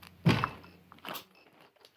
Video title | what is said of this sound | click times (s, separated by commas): Defiant Electronic Deadbolt Combo pack install | snaps into place | 0.4 s